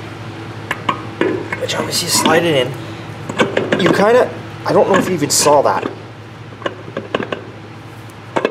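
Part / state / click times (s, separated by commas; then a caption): torque converter into automatic transmission / partly seated / 8.4 s. A torque converter is slid and rotated onto the automatic transmission's input shaft while someone talks, with scattered light knocks and scrapes along the way. A click at 8.4 s marks the first of several spline engagements, as the converter drops onto the first splines but is not fully seated yet.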